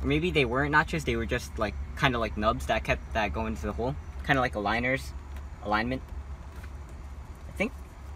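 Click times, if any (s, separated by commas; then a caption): none. Someone talks while pushing the radio/climate control console assembly back into the dashboard of a 2003–2007 Honda Accord, where its nubs should engage, over a steady low hum, with two brief short sounds near 6.6 s and 7.6 s. The unit sits flush, but nothing has clicked or seated with a click.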